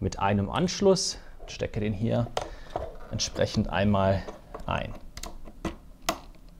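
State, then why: Seated. An assembled Phoenix Contact SUNCLIX PV cable connector is plugged into the wall bushing of a solar combiner box while someone talks. A few short handling ticks come just before a sharp click at 6.1 s, when the connector seats.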